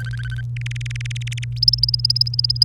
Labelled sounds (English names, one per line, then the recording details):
Domestic Canary song
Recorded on 28 April 2018 at 05:52
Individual llb3